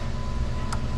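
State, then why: Partly seated. A plastic harness connector is plugged back onto an engine sensor or valve on a Jeep Cherokee 4.7, over a steady low rumble. A faint hit is heard at 0.7 s as it connects. The repaired terminal pin is pushed straight back out of its housing, so the connector is only partly seated, likely because the connector is broken inside.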